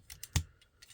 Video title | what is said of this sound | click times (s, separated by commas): Transformers Legacy Deluxe Class Minerva. | Bring it down. It'll just kind of snap into place down here, | 0.4 s